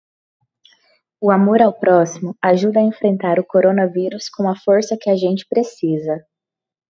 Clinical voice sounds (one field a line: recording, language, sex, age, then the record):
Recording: spoken sentence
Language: Brazilian Portuguese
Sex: female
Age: 20 to 29 years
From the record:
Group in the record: control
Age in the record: 25 years